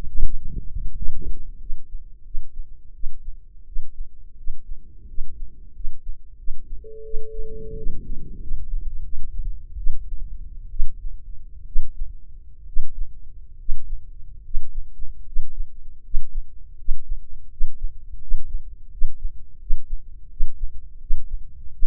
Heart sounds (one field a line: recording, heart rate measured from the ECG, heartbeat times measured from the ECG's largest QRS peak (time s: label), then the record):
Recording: heart sounds by microphone in the left ear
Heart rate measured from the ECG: 81 bpm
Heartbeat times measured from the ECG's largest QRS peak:
0.22 s: heartbeat
0.94 s: heartbeat
1.58 s: heartbeat
2.24 s: heartbeat
2.93 s: heartbeat
3.65 s: heartbeat
4.36 s: heartbeat
5.07 s: heartbeat
5.73 s: heartbeat
6.37 s: heartbeat
7.03 s: heartbeat
7.75 s: heartbeat
8.40 s: heartbeat
9.03 s: heartbeat
9.77 s: heartbeat
10.70 s: heartbeat
11.65 s: heartbeat
12.66 s: heartbeat
13.57 s: heartbeat
14.43 s: heartbeat
15.25 s: heartbeat
16.02 s: heartbeat
16.77 s: heartbeat
17.49 s: heartbeat
18.20 s: heartbeat
18.90 s: heartbeat
19.58 s: heartbeat
20.29 s: heartbeat
20.99 s: heartbeat
21.71 s: heartbeat
From the record:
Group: healthy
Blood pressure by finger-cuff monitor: 103/60 mmHg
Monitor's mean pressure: 73 mmHg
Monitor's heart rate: 85 bpm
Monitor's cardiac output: 7.3 L/min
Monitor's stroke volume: 86 mL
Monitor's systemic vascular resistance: 730 dyn s/cm5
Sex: female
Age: 22 years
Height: 157 cm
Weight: 47.6 kg